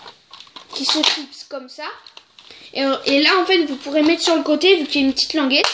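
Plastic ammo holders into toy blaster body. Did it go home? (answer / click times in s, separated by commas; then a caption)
yes / 0.6 s. Two plastic ammunition holders are pushed into the body of a toy foam blaster, with a sharp, short click at 0.6 s as they seat. Someone talks throughout.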